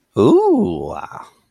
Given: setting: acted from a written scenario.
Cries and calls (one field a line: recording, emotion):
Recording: vocal sound without words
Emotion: interest